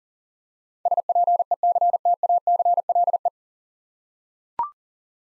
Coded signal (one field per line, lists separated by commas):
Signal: Morse code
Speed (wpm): 38 wpm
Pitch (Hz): 700 Hz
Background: none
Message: SPECTACLE